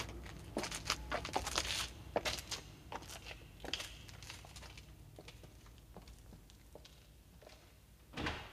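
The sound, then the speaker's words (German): A house's front door opens at night as someone comes in from the cold: a run of sharp clicks, creaks and knocks with scuffing and rustling, quieter shuffling in between, then one heavier thump at the end. “Komm rein, mach keinen Lärm, schließ die Tür vorsichtig.”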